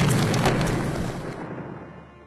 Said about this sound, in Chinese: 强大的爆炸让沉默都能感受到身后传来的剧烈气浪。